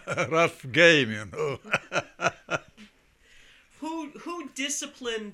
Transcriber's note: laughing heartily